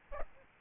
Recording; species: mosquito wingbeat signal from an infrared sensor; Aedes albopictus